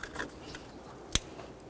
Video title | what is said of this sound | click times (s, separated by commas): How to Replace Radiator Cooling Fan Assembly 2006-2012 Ford Fusion | press it in and listen for a click this should be mounted directly to the fan assembly | 1.1 s